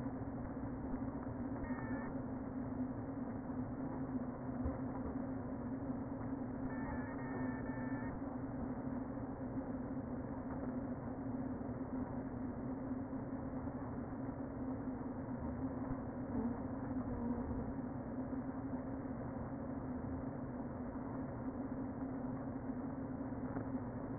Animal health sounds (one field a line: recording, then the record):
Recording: honeybee colony, microphone inside the hive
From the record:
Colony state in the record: queen present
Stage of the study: before two queens were removed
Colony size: about 60,000 bees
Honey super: yes